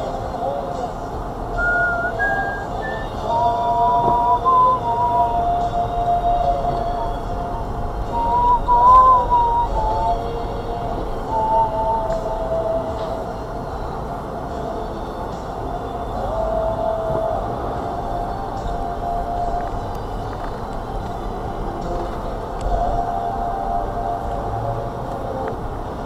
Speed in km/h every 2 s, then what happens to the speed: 0, 0, 6, 10, 10, 3, 2, 0, 2, 5, 5, 3, 2.
0-3 standing. 3-5 pulls away to 10. 8-11 slows to 2. 11-16 standing. 16-23 steady at about 3. 23-26 standing.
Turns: none.